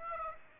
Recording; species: mosquito wingbeat signal from an infrared sensor; Aedes aegypti